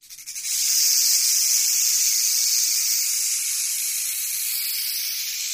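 Rattlesnake rattle, a dry, even hissing buzz that swells in within half a second and holds steady for about five seconds, fading slightly at the end.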